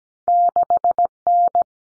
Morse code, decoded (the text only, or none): 6N